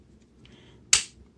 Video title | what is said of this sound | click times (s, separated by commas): Chuck's Reviews Transformers Siege Springer | that when you hear that second snap you know it's all the way back and you can | 0.5 s, 0.9 s